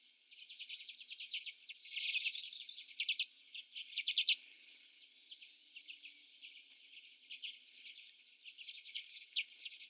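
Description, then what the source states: Common redpolls giving dry, rapid chattering chips in short bursts, loudest in the first half, with quieter twittering between. More than one common redpoll.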